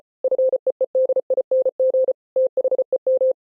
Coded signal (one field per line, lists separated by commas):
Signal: Morse code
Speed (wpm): 33 wpm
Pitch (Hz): 520 Hz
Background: none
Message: FEEDING THEM